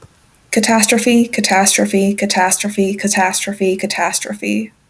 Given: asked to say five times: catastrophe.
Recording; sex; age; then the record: repeated word; female; 20 to 29 years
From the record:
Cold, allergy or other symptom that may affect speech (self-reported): no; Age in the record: 25 years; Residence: Nebraska, United States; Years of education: 18